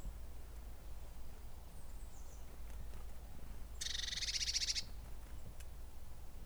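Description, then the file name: Eurasian blue tit giving one harsh, rapidly pulsed buzzy churr lasting about a second, over a constant low rumble and faint high notes. "Cyanistes caeruleus"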